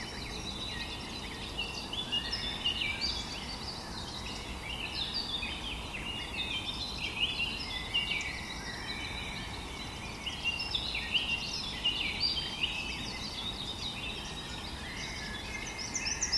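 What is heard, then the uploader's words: Birds chirp and sing in a forest, many calls overlapping in a dense, bright chorus that runs without pause for the whole stretch. Underneath lies a steady low outdoor rumble, like distant wind or traffic, holding an even level throughout. Birds Chirping - Relaxing Nature Sound Atmospheres, Bird Song, Forest Sounds.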